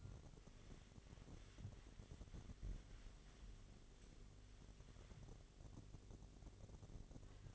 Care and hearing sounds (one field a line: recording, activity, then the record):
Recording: daily activity, microphone in the room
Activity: wipe stove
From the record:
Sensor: 4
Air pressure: 1007.9 hPa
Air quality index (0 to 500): 197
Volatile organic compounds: 7 ppm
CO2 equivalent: 1975 ppm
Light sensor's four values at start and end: 22/71/27/26 and 22/70/27/26